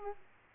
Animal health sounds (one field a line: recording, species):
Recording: mosquito wingbeat signal from an infrared sensor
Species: Aedes aegypti